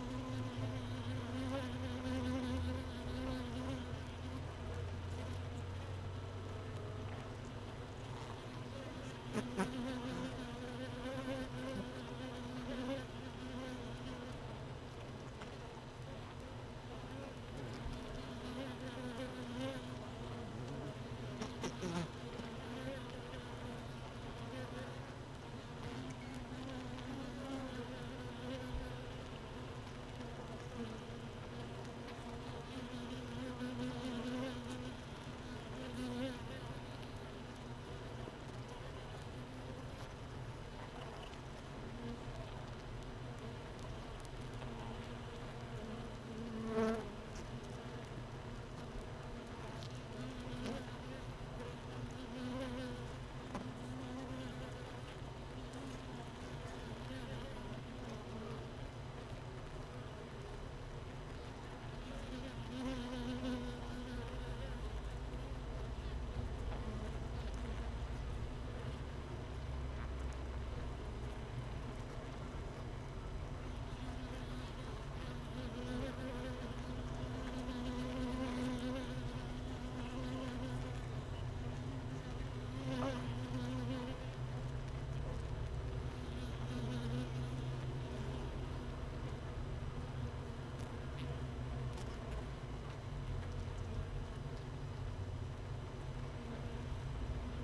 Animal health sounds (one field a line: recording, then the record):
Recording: honeybee colony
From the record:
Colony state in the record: missing queen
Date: 31 May 2018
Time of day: 15:20